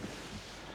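A pull-up bed platform in a 6x14 cargo trailer camper conversion is being raised by its handle so its fold-out frame supports can lock into place. Only a steady, low rumbling handling noise is heard for under a second, with no sharp clicks. Nothing has locked or seated yet.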